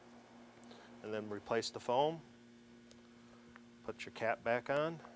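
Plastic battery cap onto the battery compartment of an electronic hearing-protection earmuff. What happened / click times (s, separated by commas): Handled, not yet home: the plastic cap has not snapped in / none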